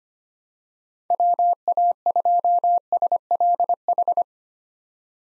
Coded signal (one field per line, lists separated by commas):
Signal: Morse code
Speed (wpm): 25 wpm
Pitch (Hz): 700 Hz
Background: none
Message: WA2SLH